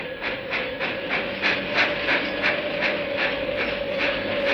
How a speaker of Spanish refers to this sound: Un único pasajero se apeó del tren en la estación de ferrocarril de Bramblehead.